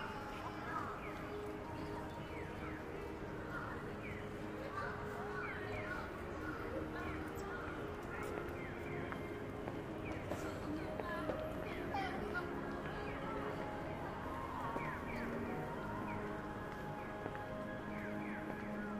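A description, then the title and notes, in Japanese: A busy Shinjuku morning: a dense, steady wash of overlapping voices and footsteps, with occasional clacks and traffic rumbling underneath throughout. Shinjuku,Saturday morning。Morning in bustling Shinjuku is different from night.Kabukicho～Hotel street～ Kabukicho,Sakura street～Kabukicho,Ichiban-gai～Omoide Yokocho～Shinjuku East exit.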